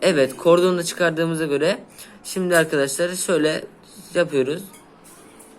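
A man talks while handling a Xiaomi Mi Band 5 fitness tracker capsule and its silicone wristband, with the strap already taken off and the capsule about to be pressed into it. Only his voice is heard, and the capsule has not seated or clicked into the strap yet.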